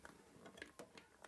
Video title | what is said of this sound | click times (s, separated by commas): Carpuride 7inch Touchscreen Motorcycle CarPlay/Android Auto Display Unit - Is it any good? | clicked in there so you got no red tab in between there | 0.6 s